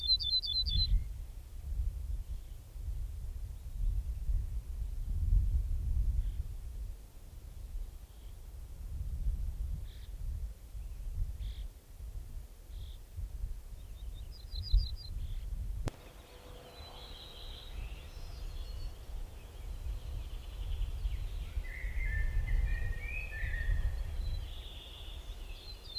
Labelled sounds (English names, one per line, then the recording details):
Ortolan Bunting song
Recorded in the wild
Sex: male
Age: adult
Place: Schloß Holte-Stukenbrock, Senne, Nordrhein-Westfalen, DE
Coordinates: 51.8736, 8.66139
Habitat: edge of the woods
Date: 1969-06-08
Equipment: Uher 4000 Report-S, Bändchenmikro Beyer M 260, Parabolspiegel Polyester (470 mm)
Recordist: Conrads, Klaus